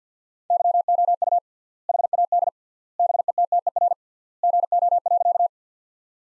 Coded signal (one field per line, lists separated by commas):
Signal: Morse code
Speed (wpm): 50 wpm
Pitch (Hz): 700 Hz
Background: none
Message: YOU HAD BETTER GO.